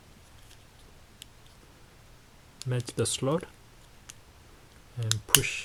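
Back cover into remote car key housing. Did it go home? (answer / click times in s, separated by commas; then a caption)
no / none. The plastic back cover of a Mazda 3 remote car key is placed on the key fob and lined up with its slot, just before being pushed together. A faint tick sounds near 1.2 seconds against a quiet background, and someone talks from about 2.6 seconds onward. Nothing has seated or clicked yet.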